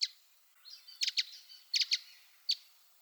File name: Brown Headed Nuthatch